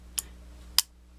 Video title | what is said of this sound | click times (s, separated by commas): crkt m16 titanium big dog old and new version | it's spring loaded and it automatically locks into place | 0.8 s